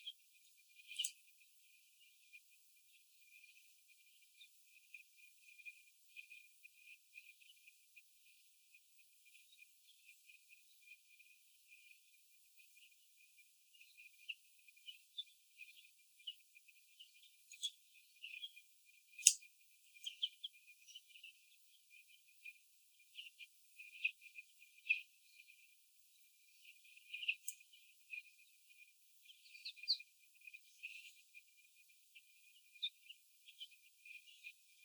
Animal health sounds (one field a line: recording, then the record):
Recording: young laying hens in a cage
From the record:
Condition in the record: before the stressor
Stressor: sudden umbrella opening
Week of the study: 3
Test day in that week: 2